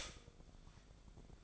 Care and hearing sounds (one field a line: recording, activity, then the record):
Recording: daily activity, microphone in the room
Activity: stop toaster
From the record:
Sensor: 5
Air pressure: 1004.3 hPa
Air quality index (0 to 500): 168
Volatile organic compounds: 4 ppm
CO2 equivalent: 1574 ppm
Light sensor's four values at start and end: 33/108/40/41 and 33/108/40/41